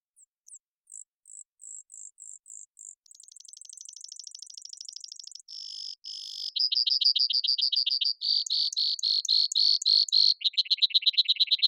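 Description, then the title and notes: Brewer's sparrow song, a long run of high trills shifting in speed and pitch: spaced thin notes, a fast buzz, then several rapid rattling and chipping trill sections. Bird of North American sagebrush; abundant but more often heard than seen; clambers through sagebrush and flutters between low bushes. "Brewer's Sparrow, Spizella breweri, is a highly abundant Sagebrush bird of North America, yet it's more well heard than seen."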